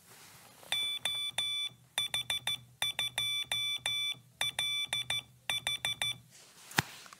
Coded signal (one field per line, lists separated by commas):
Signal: Morse code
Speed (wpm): 14 wpm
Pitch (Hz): 3500 Hz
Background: none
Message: OH2LH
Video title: Radioamatööritoiminta Suomessa (lang: finnish, subtitles: n/a)